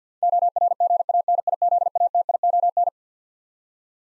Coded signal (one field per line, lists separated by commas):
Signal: Morse code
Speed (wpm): 50 wpm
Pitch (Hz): 700 Hz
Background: none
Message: ORGANIZATION